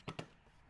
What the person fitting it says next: and it just snaps in place.